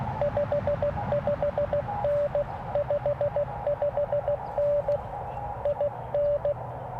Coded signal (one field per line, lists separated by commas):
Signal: Morse code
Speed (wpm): 16 wpm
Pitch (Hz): 590 Hz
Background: radio noise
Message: 55N 55N IN